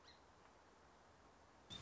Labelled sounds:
Song Sparrow
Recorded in Sonoma County, California

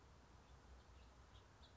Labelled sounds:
House Finch
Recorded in Sonoma County, California

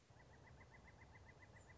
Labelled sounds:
Pileated Woodpecker
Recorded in Sonoma County, California

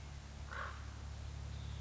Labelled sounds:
Common Raven
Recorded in Sonoma County, California

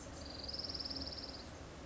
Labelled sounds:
Orange-crowned Warbler
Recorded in Sonoma County, California

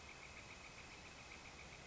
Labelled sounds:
Northern Flicker
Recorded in Sonoma County, California

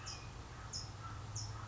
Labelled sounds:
California Towhee
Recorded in Sonoma County, California

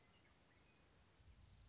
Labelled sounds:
Western Meadowlark
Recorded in Sonoma County, California

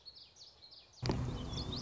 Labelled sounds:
Common Yellowthroat
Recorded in Sonoma County, California

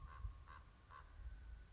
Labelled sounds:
Common Raven
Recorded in Sonoma County, California

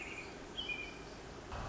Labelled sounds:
American Robin
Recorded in Sonoma County, California

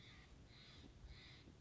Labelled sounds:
Steller's Jay
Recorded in Sonoma County, California

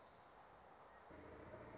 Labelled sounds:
Orange-crowned Warbler
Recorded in Sonoma County, California

